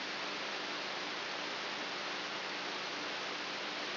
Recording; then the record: brain microelectrode recording played as sound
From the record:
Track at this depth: inside the subthalamic nucleus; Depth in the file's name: 1.84 mm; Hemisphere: right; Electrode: 3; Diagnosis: Parkinson's disease